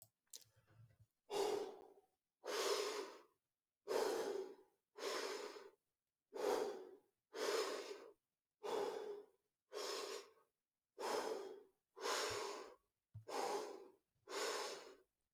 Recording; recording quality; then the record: deep breathing; excellent, no background noise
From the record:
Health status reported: exposed to COVID-19, no respiratory illness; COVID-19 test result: not tested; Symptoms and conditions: none ticked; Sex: male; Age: 26 years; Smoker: not ticked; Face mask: not worn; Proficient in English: yes